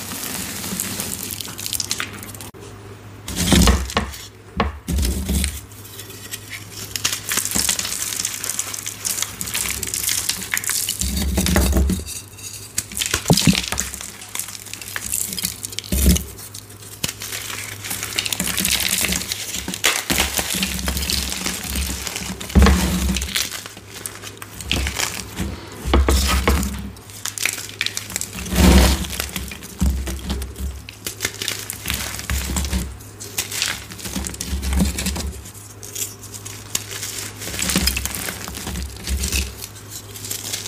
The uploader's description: Crushing gym chalk bombs filled with epsom salt and crispy reforms